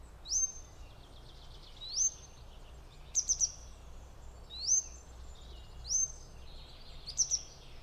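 Grey wagtail, high-pitched calls: rising thin notes at uneven intervals mixed with clipped double and triple sharp ticks, against a faint low rumble.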